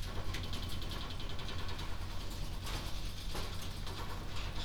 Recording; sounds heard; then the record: poultry house recording; no chicken sound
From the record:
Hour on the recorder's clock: 21